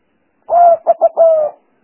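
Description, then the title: Spotted dove cooing, a single low phrase of a drawn-out coo, two short clipped notes and a final long coo, over a quiet background. Lure sounds used for trapping. "Pikat Burung Tekukur"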